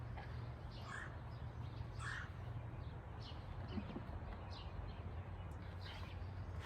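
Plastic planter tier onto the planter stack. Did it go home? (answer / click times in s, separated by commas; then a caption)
no / none. A plastic planter tier is being lined up on the planter stack, with the pieces aligned before they are pushed together; nothing has clicked or seated yet. Crow-like caws repeat over a steady low background rumble, with no distinct hits.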